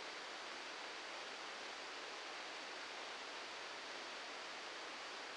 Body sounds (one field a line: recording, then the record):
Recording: brain microelectrode recording played as sound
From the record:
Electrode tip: outside the subthalamic nucleus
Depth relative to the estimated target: 0 mm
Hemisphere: left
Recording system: NeuroSet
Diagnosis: Parkinson's disease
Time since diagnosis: 7 years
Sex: male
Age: 44 years